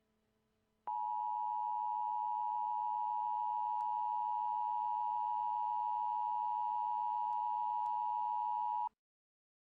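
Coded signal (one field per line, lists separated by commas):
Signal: Emergency Alert System (SAME) tones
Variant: 853 and 960 Hz attention tone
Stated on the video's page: Simulated EAS scenario, not a real alert.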